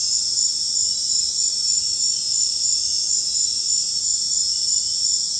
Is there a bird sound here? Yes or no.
no